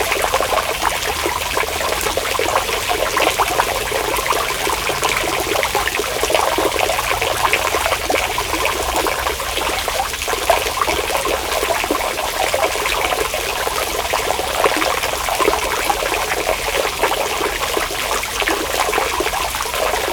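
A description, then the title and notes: A stream of water runs steadily for the whole stretch, a dense, bright splashing and trickling with countless small droplet sounds. The level hardly changes, and the sound stays hissy with little low rumble beneath it. Water stream. Recorded in Parque del Oeste, Madrid, Spain.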